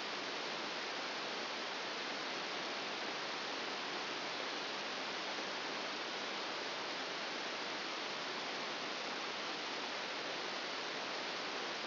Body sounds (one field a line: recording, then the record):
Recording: brain microelectrode recording played as sound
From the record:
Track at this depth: inside the subthalamic nucleus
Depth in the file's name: 2.304 mm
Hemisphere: left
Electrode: 2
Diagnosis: Parkinson's disease